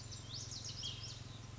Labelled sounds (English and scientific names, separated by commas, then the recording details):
Lazuli Bunting (Passerina amoena)
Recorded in Sonoma County, California